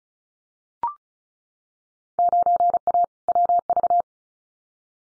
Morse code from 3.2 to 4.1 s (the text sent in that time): WV